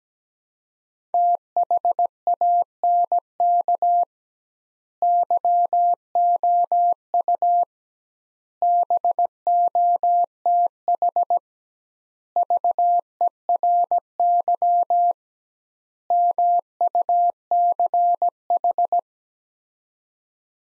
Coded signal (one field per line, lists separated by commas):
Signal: Morse code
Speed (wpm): 17 wpm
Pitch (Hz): 700 Hz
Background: none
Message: THANK YOU BOTH VERY MUCH